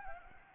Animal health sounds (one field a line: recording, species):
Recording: mosquito wingbeat signal from an infrared sensor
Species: Anopheles arabiensis